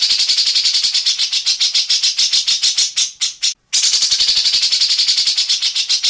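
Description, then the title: Grey-cheeked bulbul producing a steady, rapid, grating rattle of rasping notes, slowing midway and pausing briefly before resuming at the same fast pace. Tutor (masteran) recording of a bird singing actively, full of harsh 'besetan' rattles. "CUCAK JENGGOT GACOR FULL BESETAN KASAR DURASI PANJANG"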